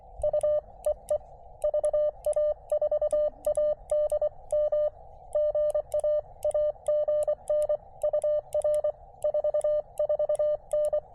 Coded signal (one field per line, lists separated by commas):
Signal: Morse code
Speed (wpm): 24 wpm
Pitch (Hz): 590 Hz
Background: none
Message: U EE VA4ADM GA AGN UR 44N